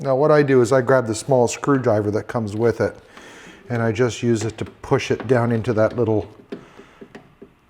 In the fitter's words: trough so that it kind of snaps in place now at this point